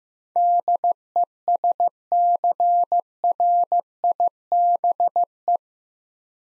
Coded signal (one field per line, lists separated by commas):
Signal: Morse code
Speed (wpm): 15 wpm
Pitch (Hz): 700 Hz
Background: none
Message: DESCRIBE